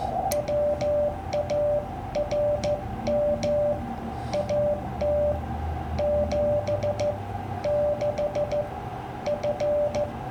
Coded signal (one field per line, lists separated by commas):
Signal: Morse code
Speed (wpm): 14 wpm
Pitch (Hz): 590 Hz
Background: none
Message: WARM AT 76 F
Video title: Ham Radio Ride Along - Squeezing Out CW and SSB with QRN and QSB.